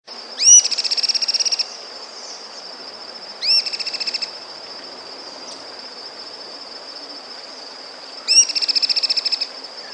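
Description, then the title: Cliff flycatcher song in three bursts, each a sharp upslurred note running into a fast, high, stuttering trill, separated by pauses, with a constant thin high whine behind. Subspecies sclateri. "LuckyPassaro Completos2Sama. Cliff Flycatcher (Hirundinea ferruginea sclateri)"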